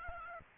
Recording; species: mosquito wingbeat signal from an infrared sensor; Aedes albopictus